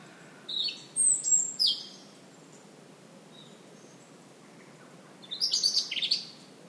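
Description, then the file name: European robin song phrases, high thin whistles and trills at the start, a quiet gap, then a rapid high twittering burst. "Erithacus rubecula"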